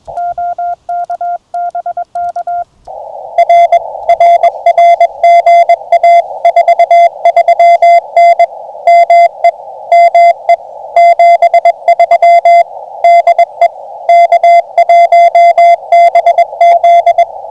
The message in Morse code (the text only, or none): OK BK R RR GA 43N ME ME 73 DE K1BZ